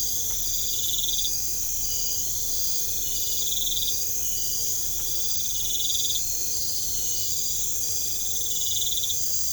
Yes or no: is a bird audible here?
no